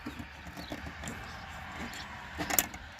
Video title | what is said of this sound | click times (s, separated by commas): S&B Cold Air Intake LBZ Duramax Install and Test | Hear the click. | 2.6 s